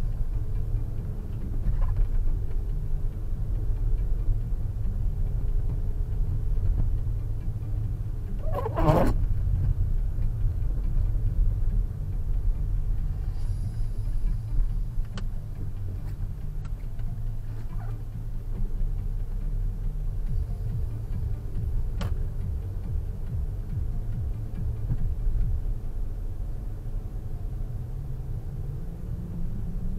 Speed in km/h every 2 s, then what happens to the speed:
29, 35, 40, 40, 37, 36, 30, 20, 11, 13, 17, 21, 21, 21, 21.
0-4 speeds up to 40. 7-16 slows to 11. 16-22 speeds up to 21. 22-30 steady at about 21.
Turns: 14-21.